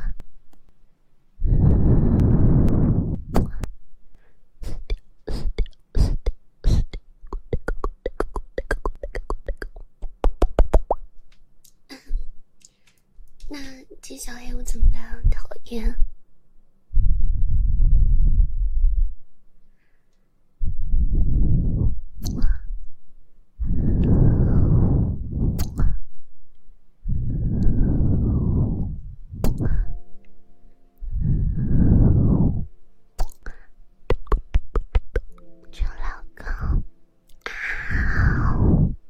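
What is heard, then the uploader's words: Breathy blowing into the ear comes in repeated low, rushing puffs, broken by bursts of quick, sharp kissing smacks and clicks. ASMR Blowing in the ear, kissing in the ear.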